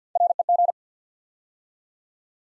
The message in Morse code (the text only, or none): REG